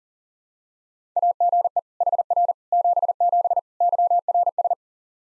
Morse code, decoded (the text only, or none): AGE HR 77 YRS